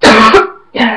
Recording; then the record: coughing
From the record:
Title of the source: Barking cough - # 10